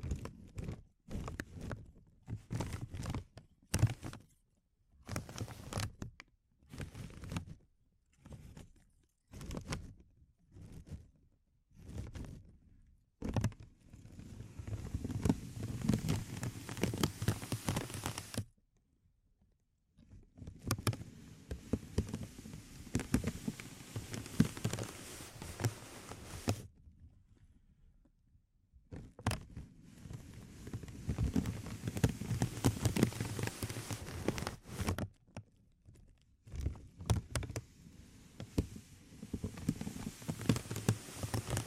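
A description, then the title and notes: Crinkling sounds, first in short separate bursts about once a second for the opening thirteen seconds. The crinkling then becomes dense and continuous, a crackly, rain-like patter, running in long stretches broken by brief silences near 18, 28 and 35 seconds. ASMR Sensitive Crinkles (No Talking).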